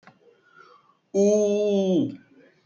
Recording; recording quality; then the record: sustained vowel as in boot; excellent, no background noise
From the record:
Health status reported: healthy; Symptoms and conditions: none ticked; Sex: male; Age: 21 years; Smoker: not ticked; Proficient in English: yes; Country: India